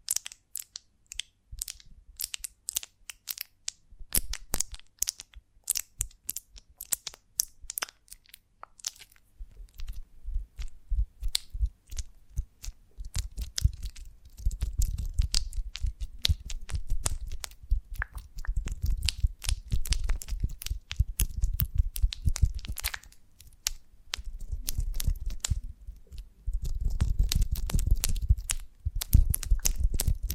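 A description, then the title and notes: Honeycomb on a branch is chewed and crunched in quick, dense bursts of sharp, bright crackles. Early on the bites come sparse and separate, then from about 13 seconds they pile into thicker stretches with a low, wet mashing underneath. ASMR of a Honeycomb on Branch (No Talking).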